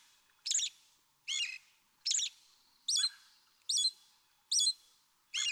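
American robin calls: sharp high chirps repeated evenly, about every 0.8 seconds, with silence between.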